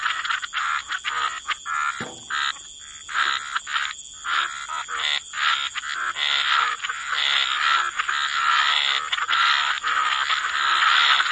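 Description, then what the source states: Frog chorus of overlapping raspy croaks, sparse at first, then building into a dense continuous din, with a brief low thud early on and steady hiss. Frog chorus mixed with white noise, for sleep.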